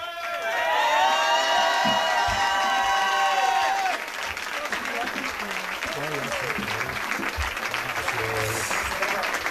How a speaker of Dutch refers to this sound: Ja, het CDA, we horen even het luide gejuich. Daar... We zeiden net tegen elkaar, dat gejuich, dat snappen we wel.